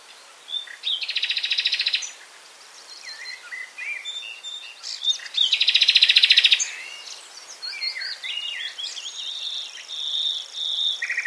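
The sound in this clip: Common nightingale song with two dense buzzy rattles separated by varied whistled notes.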